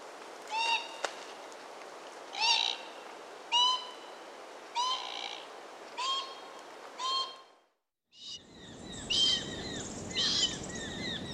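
Glossy black cockatoo calls: short, rasping, harmonic notes repeated every second or so; after a brief break a different stretch follows with more overlapping calls and background noise.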